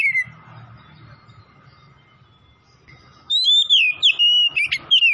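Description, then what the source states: Oriental magpie-robin singing: a brief whistle opens, then after a quiet spell comes a rapid run of rich, rising and falling whistled notes. Kacer from Tretes singing vigorously (gacor).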